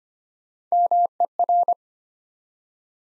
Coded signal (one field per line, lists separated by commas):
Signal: Morse code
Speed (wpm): 25 wpm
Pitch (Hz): 700 Hz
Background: none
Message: MER